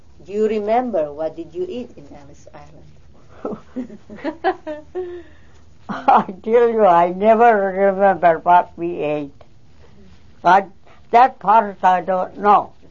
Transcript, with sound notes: Do you remember what did you eat in Ellis Island?
( she laughs ) I tell you, I never remember what we ate. But that part I don't know.